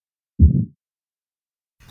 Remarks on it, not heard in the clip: So we have aortic stenosis here. So we still have S1 and S2, but they're just completely overwhelmed by the sound of the turbulence from the aortic stenosis. So the ventricle is pushing against the stenotic valve and you get this classic crescendo, decrescendo appearance. Pay careful attention to the overwhelming sound of the stenotic valve. You won't really hear S1 and S2.